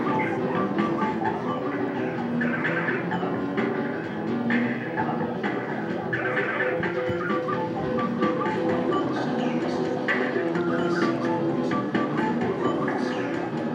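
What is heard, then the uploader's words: A busy arcade walkthrough with a dense, steady wash of overlapping machine tones, beeps and chatter, plus frequent short clicks and bleeps throughout. Arcade, Games, Walk Thru by Bandeto.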